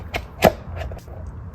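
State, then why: Seated. A new oil filter element for a BMW E60 M5 is pressed into the plastic filter housing cap and seats with a sharp snap at 0.2 seconds. A fainter knock follows at about 0.9 seconds, and the filter is seated in the housing.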